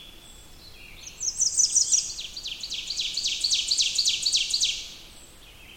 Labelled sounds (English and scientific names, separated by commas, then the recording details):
Ovenbird (Seiurus aurocapilla) song
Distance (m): 20 m
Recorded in boreal forest in Alberta, Canada, on 20 June 2016 at 06:14
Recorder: SongMeter 3, array SBT-6-81
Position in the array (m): 76 m, 101 m
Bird 23